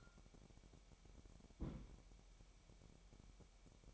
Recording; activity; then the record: daily activity, microphone in the room; place on stove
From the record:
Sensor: 1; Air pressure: 1012.1 hPa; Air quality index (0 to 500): 220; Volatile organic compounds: 5 ppm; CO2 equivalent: 1758 ppm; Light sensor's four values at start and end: 74/177/75/78 and 74/177/75/78